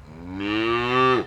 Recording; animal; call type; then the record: contact call of a hoofed animal; cattle; low-frequency (closed-mouth) or high-frequency (open-mouth) call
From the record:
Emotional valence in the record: negative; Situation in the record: full separation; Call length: 1.27 s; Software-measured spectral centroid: 1690 Hz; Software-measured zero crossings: 1540 a second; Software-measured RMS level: -23 dBFS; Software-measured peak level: -10 dBFS